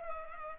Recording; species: mosquito wingbeat signal from an infrared sensor; Culex pipiens